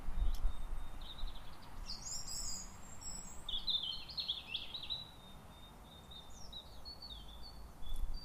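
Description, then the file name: European robin song: thin, high, tinkling warbled phrases with sliding notes, separated by short pauses, over a steady low background rumble. "Erithacus rubecula"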